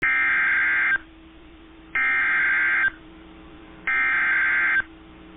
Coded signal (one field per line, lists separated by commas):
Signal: Emergency Alert System (SAME) tones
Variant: header bursts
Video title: Severe Thunderstorm Warning (12/28/25) [EAS #345]